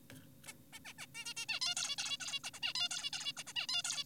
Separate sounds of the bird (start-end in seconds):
0.46-0.53, 0.73-0.79, 0.85-0.93, 0.98-1.06, 1.15-1.34, 1.37-1.46, 1.49-1.60, 1.62-1.75, 1.77-1.96, 1.98-2.18, 2.20-2.40, 2.44-2.51, 2.54-2.60, 2.63-2.74, 2.75-2.89, 2.91-3.10, 3.13-3.33, 3.37-3.44, 3.47-3.53, 3.57-3.67, 3.69-3.82, 3.85-4.04